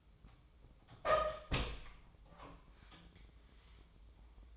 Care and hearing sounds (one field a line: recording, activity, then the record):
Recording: daily activity, microphone in the room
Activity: open door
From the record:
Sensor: 1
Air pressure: 1005.0 hPa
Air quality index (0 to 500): 84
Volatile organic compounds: 2 ppm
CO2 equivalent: 1131 ppm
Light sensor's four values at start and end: 9/23/9/10 and 9/23/9/10